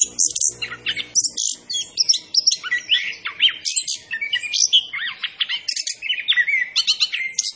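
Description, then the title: Orange-headed thrush song: brisk, varied chattering phrases mixing piercing whistles, rising and falling slurs and short chips, delivered continuously. Called Anis Kembang, singing vigorously (gacor); labelled Macan B2. "Anis Kembang Gacor. Suara Anis Kembang Macan B2"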